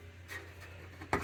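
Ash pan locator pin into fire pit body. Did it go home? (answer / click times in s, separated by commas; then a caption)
yes / 1.1 s. The metal ash pan of an Amicus Grab-N-Go portable fire pit is pushed onto the body over a low steady hum, with faint rubbing and a small tick at 1.0 s. At 1.1 s a sharp, loud click sounds as the locator pin drops into its hole, and the pan is seated.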